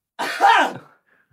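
A single cough from an adult man.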